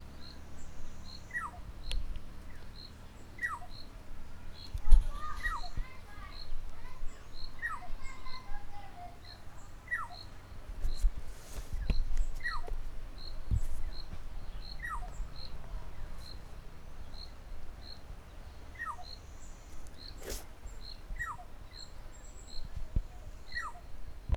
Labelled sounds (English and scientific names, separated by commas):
Black-tailed Oriole (Oriolus percivali)